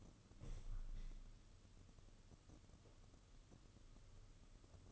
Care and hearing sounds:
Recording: daily activity, microphone in the room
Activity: open window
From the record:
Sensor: 4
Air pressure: 995.2 hPa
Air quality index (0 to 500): 192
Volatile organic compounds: 122 ppm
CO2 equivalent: 3886 ppm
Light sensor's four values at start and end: 4/10/3/4 and 5/11/4/4

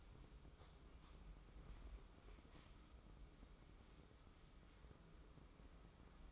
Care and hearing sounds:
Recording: daily activity, microphone in the room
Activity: wipe stove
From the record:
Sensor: 1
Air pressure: 996.1 hPa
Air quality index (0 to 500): 70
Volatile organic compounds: 3 ppm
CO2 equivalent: 1454 ppm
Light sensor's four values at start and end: 27/99/37/38 and 27/99/37/38

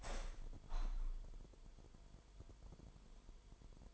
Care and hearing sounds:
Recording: daily activity, microphone in the room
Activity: open window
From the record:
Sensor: 5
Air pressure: 998.7 hPa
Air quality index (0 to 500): 104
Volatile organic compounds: 2 ppm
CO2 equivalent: 1198 ppm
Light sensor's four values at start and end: 116/290/121/136 and 116/289/120/136

